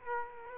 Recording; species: mosquito wingbeat signal from an infrared sensor; Culex quinquefasciatus